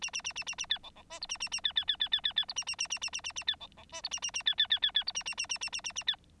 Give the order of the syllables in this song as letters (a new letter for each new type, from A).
A A A A A A B C C D E A A A B B B B B B B E A A A A A A A A B C C D E A A A B B B B B E A A A A A A A A B